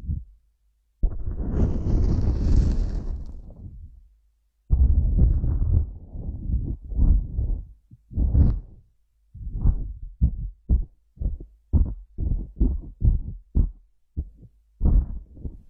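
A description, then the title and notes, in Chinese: Kinetic sand being squeezed and pressed, giving soft, muffled rustling with a dull low thud in each movement. A long crumbling rustle runs through the first few seconds, with a brief brighter hiss near the start. Later it breaks into quick, fairly regular squishes about twice a second. 动力沙触发，沙沙声。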